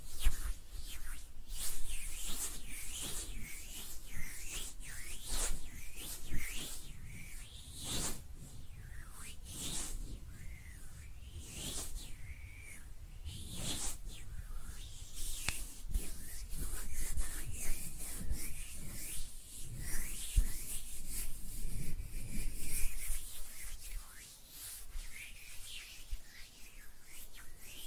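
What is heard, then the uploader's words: Hands rub and brush against each other in a continuous, scratchy texture, with quick bright swishes repeating every second or so. The strokes vary in speed and pressure, growing denser in the middle before easing into softer, sparser rubbing near the end. ASMR Relaxing Hand Sounds (No Talking).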